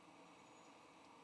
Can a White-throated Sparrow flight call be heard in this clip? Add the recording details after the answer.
no. No flight call is heard. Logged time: 07:23 on 19 November 2014